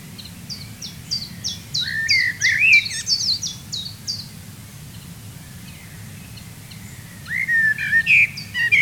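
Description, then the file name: Common blackbird fluty, rising and falling warble, with a series of evenly repeated high thin notes from another bird around it and a second warble near the end. "Turdus merula"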